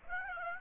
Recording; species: mosquito wingbeat signal from an infrared sensor; Aedes aegypti